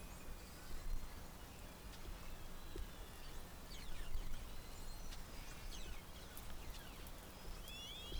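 Whale whistles, faint squeaky upward and downward sweeps scattered through, with scattered clicks and a clearer wavering whistle near the end over a low underwater rumble.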